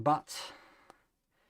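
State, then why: Seated. On a scale-model Ferrari 312 T4 F1 car build, a brake support part with two lugs is pushed into the two holes of a plastic wheel disc, which is a tight fit. Someone talks briefly, then a short, sharp click at 0.9 s marks the part seating into the disc.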